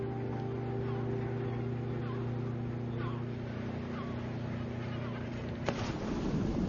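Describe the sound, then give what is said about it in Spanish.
A small motorboat's engine drones steadily with a low hum as it crosses rough ocean waves away from its mother ship, wrapped in constant rushing water and wind noise; near the end a sharp slap hits and the wash grows rougher. “Los de la pequeña lancha se dan cuenta de que las olas no son tan inofensivas como se veían desde el barco nodriza.”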